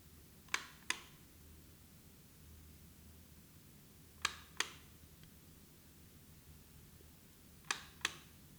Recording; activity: daily activity, guitar pickup as the sensor; operate light